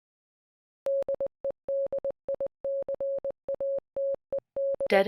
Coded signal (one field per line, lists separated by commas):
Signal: Morse code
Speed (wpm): 20 wpm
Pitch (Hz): 550 Hz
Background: none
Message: DEDICATED